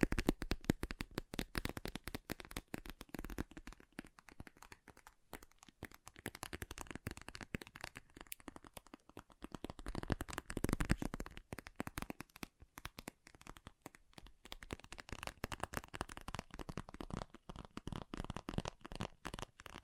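Water beads pour and rattle in a dense, constant stream of tiny clicks, swelling briefly around the eleventh second before settling again.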